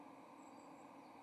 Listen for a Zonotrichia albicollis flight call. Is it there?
no